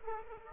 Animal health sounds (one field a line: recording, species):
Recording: mosquito wingbeat signal from an infrared sensor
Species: Aedes aegypti